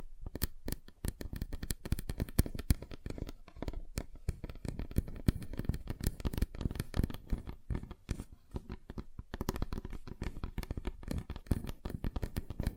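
Fingers tap rapidly on a tabletop in a dense, uneven patter of tiny knocks with a dull, low body and crisp clicky edges. The flurry runs almost without pause, thinning briefly around four, eight and nine seconds before picking up again.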